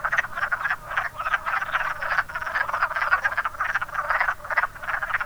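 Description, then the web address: Several wood frogs croaking at once, rough chuckling clucks running together in a continuous pulsing chorus. "zoology woodfrog"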